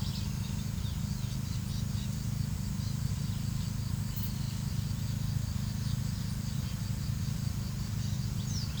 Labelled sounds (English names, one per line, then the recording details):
House Wren
Brown-throated Parakeet
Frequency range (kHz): Brown-throated Parakeet 2.4-5.5 kHz
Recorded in pastures near Puerto Asís, Putumayo, Colombia, on 27 June 2025 at 15:00
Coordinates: 0.497, -76.327
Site G040